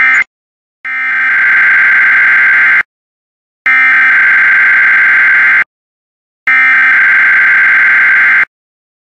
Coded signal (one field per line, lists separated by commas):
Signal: Emergency Alert System (SAME) tones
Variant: header bursts